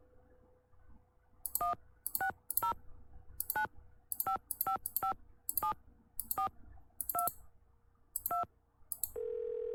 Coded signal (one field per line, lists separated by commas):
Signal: DTMF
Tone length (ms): 110 ms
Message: 16095557422